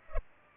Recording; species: mosquito wingbeat signal from an infrared sensor; Culex pipiens